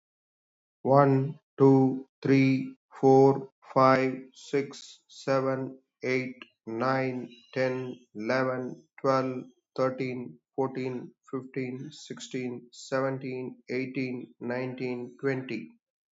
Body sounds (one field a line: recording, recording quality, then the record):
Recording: counting at a normal pace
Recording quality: excellent, no background noise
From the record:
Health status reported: healthy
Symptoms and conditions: diabetes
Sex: male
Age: 57 years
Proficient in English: yes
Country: India